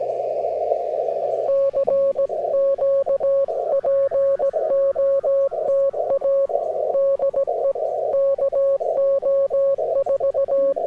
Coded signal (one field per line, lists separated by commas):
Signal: Morse code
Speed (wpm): 17 wpm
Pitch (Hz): 550 Hz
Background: music, radio noise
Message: CQ POTA DE KO4